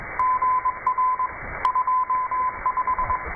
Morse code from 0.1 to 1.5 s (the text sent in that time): GR